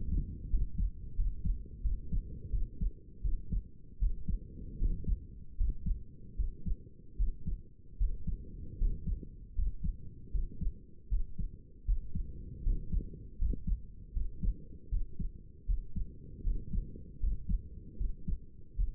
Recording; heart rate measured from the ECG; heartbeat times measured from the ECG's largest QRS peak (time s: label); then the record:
heart sounds by stethoscope; 79 bpm
0.49 s: heartbeat
1.15 s: heartbeat
1.82 s: heartbeat
2.50 s: heartbeat
3.21 s: heartbeat
3.98 s: heartbeat
4.78 s: heartbeat
5.56 s: heartbeat
6.36 s: heartbeat
7.16 s: heartbeat
7.97 s: heartbeat
8.77 s: heartbeat
9.54 s: heartbeat
10.31 s: heartbeat
11.08 s: heartbeat
11.84 s: heartbeat
12.62 s: heartbeat
13.37 s: heartbeat
14.12 s: heartbeat
14.89 s: heartbeat
15.65 s: heartbeat
16.43 s: heartbeat
17.19 s: heartbeat
17.97 s: heartbeat
18.75 s: heartbeat
From the record:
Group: healthy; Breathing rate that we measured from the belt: 15 breaths a minute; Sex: male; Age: 35 years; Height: 180 cm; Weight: 86.9 kg